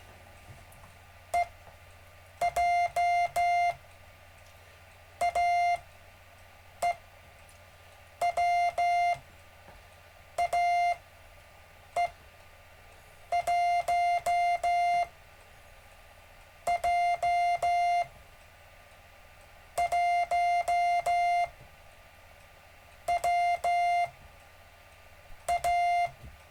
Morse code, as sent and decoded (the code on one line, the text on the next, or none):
. / .--- / .- / . / .-- / .- / . / .---- / .--- / .---- / .-- / .-
E J A E W A E 1 J 1 W A